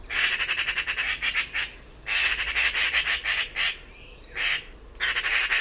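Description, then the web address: Bird delivering almost continuous rasping squawks of rapid pulses, broken by two short pauses, with a thin whistle in one gap. "cianscape birddata Deverinetal 2025 Bird Only Pi Pi Pi Pi"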